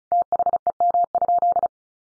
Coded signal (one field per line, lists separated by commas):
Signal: Morse code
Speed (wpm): 34 wpm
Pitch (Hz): 700 Hz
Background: none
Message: THEM?